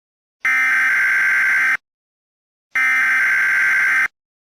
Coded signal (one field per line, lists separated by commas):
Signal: Emergency Alert System (SAME) tones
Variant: header bursts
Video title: stupid cat eas scenario red mist squidward rampage sin count reviwed merowing